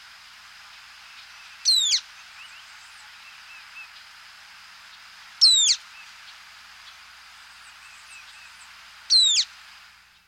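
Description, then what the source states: Social Flycatcher call: a brief burst of sharp, high chattered notes repeated about every four seconds over steady insect-like hiss and faint background birds. South America.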